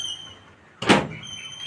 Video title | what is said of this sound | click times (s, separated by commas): July 4, 2024 | కొడితే ఇంకో lock పడిపోతుంది ఇక | 0.8 s